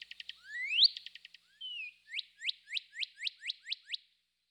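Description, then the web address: Northern Cardinal song: quick clicking notes and a long rising whistle, a short falling slur, then about eight loud downslurred whistles repeated roughly four per second. Eastern North America. "Dan Gibson Wildlife Identification By Sound, Eastern North America Pt 2. Northern Cardinal"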